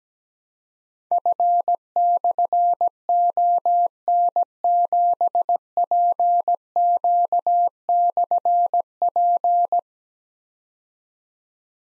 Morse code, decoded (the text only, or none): F/ON7PQ/P